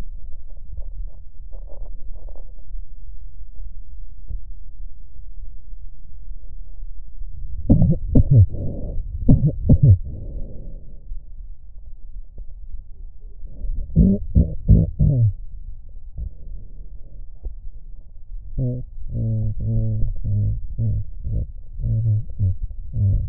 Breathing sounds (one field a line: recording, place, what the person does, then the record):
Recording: lung sounds by stethoscope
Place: left posterior basal chest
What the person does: quiet breathing, then cough and speech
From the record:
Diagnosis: none (healthy)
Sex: male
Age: 30 years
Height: 190 cm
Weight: 88 kg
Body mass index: 24.4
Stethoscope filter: extended mode